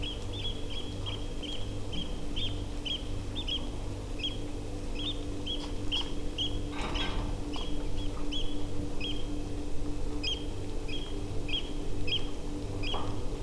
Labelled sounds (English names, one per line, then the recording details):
Eurasian Oystercatcher
unidentified sound
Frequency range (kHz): Eurasian Oystercatcher 1.9-9.9 kHz
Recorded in France